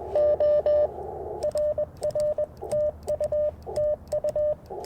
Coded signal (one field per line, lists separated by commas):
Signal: Morse code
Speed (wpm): 21 wpm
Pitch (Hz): 600 Hz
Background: radio noise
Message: O RR TU TU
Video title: Morning Morse Code at Tuskegee National Forest K-4451 - 11/28/23